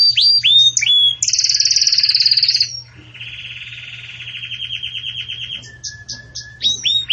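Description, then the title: Canary singing upswept whistles, a high fast rattling trill, a softer long rolling trill, then crisp repeated notes. Belgian canary song used for teaching breeding chicks (encarte de filhotes); 'campainha' style. "Canto Do Canário Belga Campainha Para Encarte De Filhotes"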